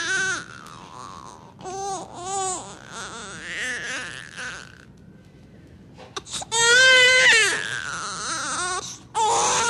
Baby crying.